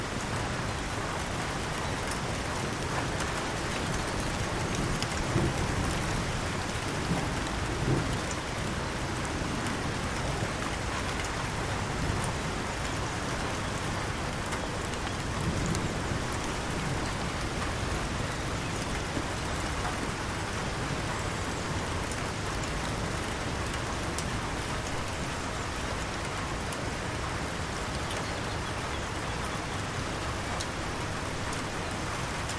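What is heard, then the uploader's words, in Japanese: Gentle rain falls steadily onto the surface of a calm canal, a dense, even patter that barely changes over the half minute. A few slightly louder drops stand out around five, eight and fifteen seconds, and a soft low rumble sits underneath. 川の雨粒。穏やかな雨粒 が静かな運河の表面にキスを交わします。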